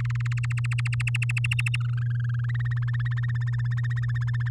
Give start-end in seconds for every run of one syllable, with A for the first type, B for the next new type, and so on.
0.00-0.39 A, 0.43-1.76 B, 1.80-3.14 C, 3.17-4.49 D